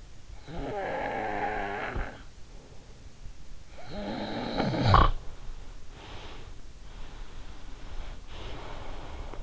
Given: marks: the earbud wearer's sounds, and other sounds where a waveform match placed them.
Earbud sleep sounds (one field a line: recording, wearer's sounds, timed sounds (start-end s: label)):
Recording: sounds in sleep by an in-ear microphone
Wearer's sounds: snoring breath, breath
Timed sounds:
0.47-2.20 s: snoring breath
3.72-6.63 s: snoring breath
6.89-9.43 s: breath